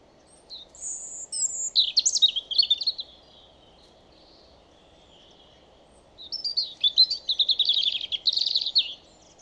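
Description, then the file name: European robin song: two bursts of varied high, thin warbling phrases with sweet trills and quick notes, separated by a pause of about three seconds, over a faint low hum. "Erithacus rubecula"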